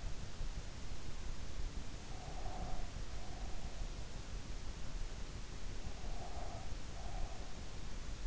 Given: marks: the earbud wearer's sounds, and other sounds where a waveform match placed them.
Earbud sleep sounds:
sounds in sleep by an in-ear microphone; breath
2.10-3.75 s: breath
6.01-7.54 s: breath

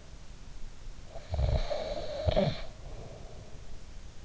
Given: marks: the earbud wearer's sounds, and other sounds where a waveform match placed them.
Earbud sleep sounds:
sounds in sleep by an in-ear microphone; snoring breath
1.05-3.65 s: snoring breath

